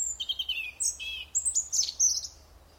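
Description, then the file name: European robin song: a quick run of high, liquid notes that starts with a thin whistle, then drops and climbs through varied trills and chips. "Erithacus rubecula"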